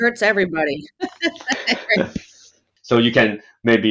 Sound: laughs